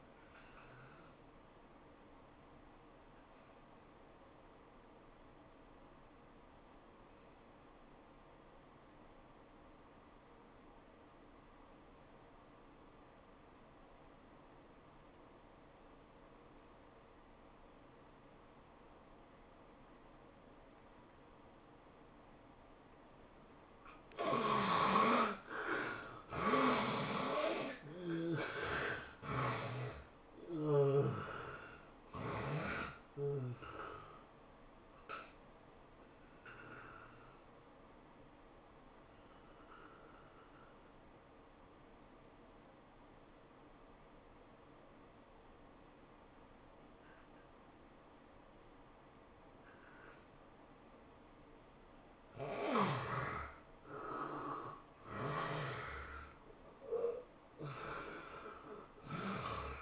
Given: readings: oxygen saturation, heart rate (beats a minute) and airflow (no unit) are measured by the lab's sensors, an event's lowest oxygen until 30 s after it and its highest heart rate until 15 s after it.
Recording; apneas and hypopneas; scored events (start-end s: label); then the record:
breathing in sleep by a voice recorder at the bedside; 2
3.00-24.40 s: obstructive apnea (N1, oxygen 96% highest, then 71% lowest, heart rate 102 at the start, 108 highest)
34.00-54.90 s: hypopnea (N1, oxygen 84% highest, then 81% lowest, heart rate 107 at the start, 108 highest)
From the record:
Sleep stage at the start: N1 (lightest sleep); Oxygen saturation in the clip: 71 to 96%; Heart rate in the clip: 79 to 109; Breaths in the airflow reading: 7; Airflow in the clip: -10.6 to 12.2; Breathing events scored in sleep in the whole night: 403 in 5.5 hours asleep